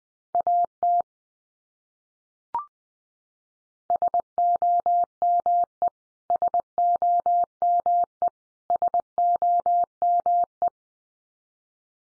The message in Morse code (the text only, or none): AT SOME SOME SOME